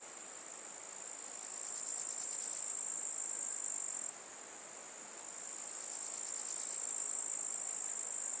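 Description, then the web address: Insect giving a continuous high, hissing buzz with faint pulsing; the sound drops away briefly near the middle, then swells back to a steady drone. "насекомые"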